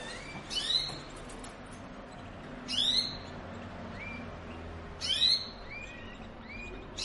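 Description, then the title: Belgian canary giving short bursts of high twittering notes with sweeping whistles, about every two seconds, separated by quiet pauses. Belgian canary song played to warm up and stimulate other canaries to sing; mating song. "Canto Para Esquentar Canário Belga. suara kenari kawin"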